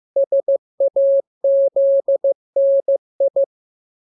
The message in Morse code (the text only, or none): SAZNI